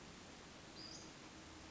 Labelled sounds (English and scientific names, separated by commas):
Western Flycatcher (Empidonax difficilis)